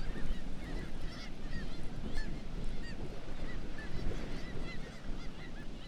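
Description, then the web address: Black-legged kittiwakes giving strings of short rising-falling calls, several birds at once, steady throughout above a heavy low-pitched background rumble. "sound Black-legged-kittiwake. صدای-پرنده-کاکایی-پاسیاه"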